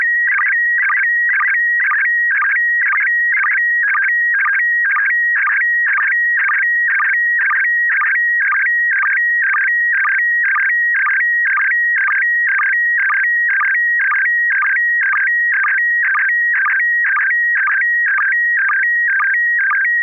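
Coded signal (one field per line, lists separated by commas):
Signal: SSTV (slow-scan television)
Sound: steady warbling whistle around 2 kHz, chirping rhythmically about twice a second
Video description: River City ARCS SSTV Net 9 pm Wednesdays Pacific Time on N6NA FM repeater 441.30 MHz, Sacramento, CA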